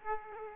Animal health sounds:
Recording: mosquito wingbeat signal from an infrared sensor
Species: Aedes aegypti

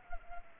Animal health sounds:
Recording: mosquito wingbeat signal from an infrared sensor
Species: Culex pipiens

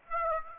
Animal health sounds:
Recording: mosquito wingbeat signal from an infrared sensor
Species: Aedes aegypti

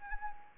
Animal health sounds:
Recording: mosquito wingbeat signal from an infrared sensor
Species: Anopheles arabiensis

